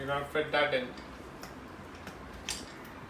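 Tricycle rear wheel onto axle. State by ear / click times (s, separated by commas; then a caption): seated / 2.5 s. Someone talks briefly as the first red plastic rear wheel of an R for Rabbit Tiny Toes Sportz baby tricycle is pushed onto the metal axle. Two light ticks at 1.4 and 2.1 seconds lead up to a sharper click at 2.5 seconds as the wheel locks into place on the axle.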